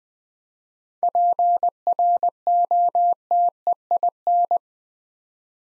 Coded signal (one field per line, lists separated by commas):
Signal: Morse code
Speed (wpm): 21 wpm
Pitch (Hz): 700 Hz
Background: none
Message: PROTEIN